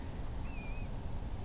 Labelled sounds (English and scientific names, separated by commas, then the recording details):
Grey Plover (Pluvialis squatarola)
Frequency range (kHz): Grey Plover (Pluvialis squatarola) 2.2-2.8 kHz
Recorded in France